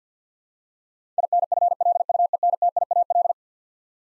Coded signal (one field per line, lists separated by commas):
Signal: Morse code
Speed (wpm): 50 wpm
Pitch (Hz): 700 Hz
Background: none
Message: INFLUENTIAL